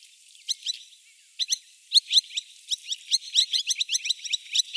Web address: Madagascar pratincole. صدای-پرنده-گلاریول-ماداگاسکار